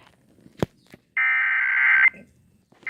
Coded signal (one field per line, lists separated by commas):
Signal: Emergency Alert System (SAME) tones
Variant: header bursts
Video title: Iowa Required Monthly Test (EAS #73-75)